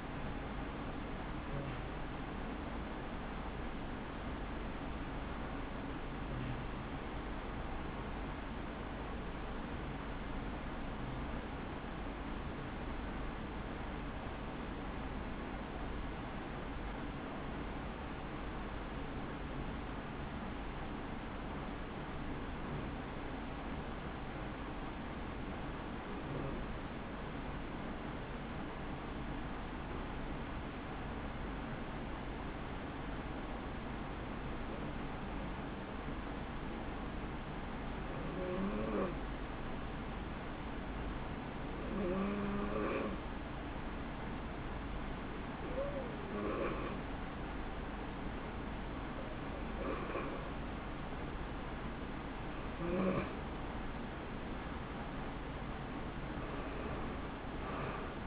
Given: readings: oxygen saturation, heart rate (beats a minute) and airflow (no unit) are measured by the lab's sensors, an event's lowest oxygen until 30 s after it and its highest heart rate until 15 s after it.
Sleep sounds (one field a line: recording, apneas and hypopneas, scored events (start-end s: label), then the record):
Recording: breathing in sleep by a voice recorder at the bedside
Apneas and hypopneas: 1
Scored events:
3.00-51.00 s: hypopnea (N2, oxygen 94% highest, then 84% lowest, heart rate 65 at the start, 75 highest)
From the record:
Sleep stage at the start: N2 (light sleep)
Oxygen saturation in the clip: 85 to 94%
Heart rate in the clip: 64 to 75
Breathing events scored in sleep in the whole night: 160 in 9.3 hours asleep